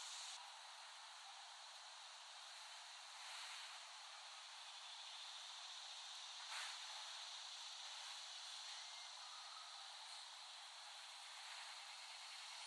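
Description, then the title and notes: Cicada chorus as a constant high buzzing wash, with a few brief louder pulses over the steady drone. Cicadas recorded by Dan Bodah in West Brighton, Staten Island, late summer 2008. "Dronecast: The Cicadas of Summer. Recording of cicadas made by Dan Bodah in West Brighton, Staten Island, late summer 2008"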